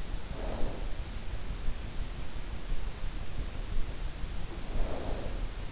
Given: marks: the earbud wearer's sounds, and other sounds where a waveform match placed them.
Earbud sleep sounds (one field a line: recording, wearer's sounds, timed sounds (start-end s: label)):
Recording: sounds in sleep by an in-ear microphone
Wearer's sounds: snoring breath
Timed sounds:
0.00-0.88 s: snoring breath
4.60-5.51 s: snoring breath